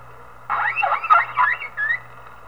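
Whale call, a burst of warbling, rising and falling tonal sweeps lasting about a second and a half, ending in a short upswept note, over a steady low hum.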